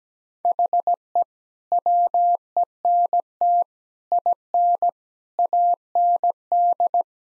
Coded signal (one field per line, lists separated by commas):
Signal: Morse code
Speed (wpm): 17 wpm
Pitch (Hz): 700 Hz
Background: none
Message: HE WENT IN AND